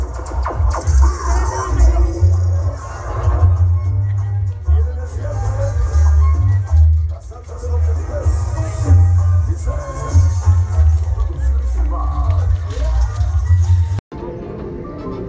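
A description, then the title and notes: A Mexico City street soundscape with a heavy, steady low rumble under overlapping voices and crowd chatter. Scattered shuffling and brief tonal sounds drift through the middle. Just after fourteen seconds it cuts out for an instant and resumes thinner and quieter. Ciudad de México Soundscape.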